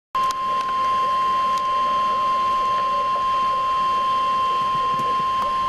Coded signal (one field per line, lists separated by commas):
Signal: Emergency Alert System (SAME) tones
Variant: 1050 Hz attention tone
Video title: EAS - Severe Thunderstorm Warning